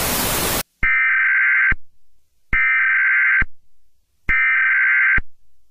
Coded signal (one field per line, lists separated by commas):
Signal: Emergency Alert System (SAME) tones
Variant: header bursts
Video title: EAS Scenario - 2nd Civil War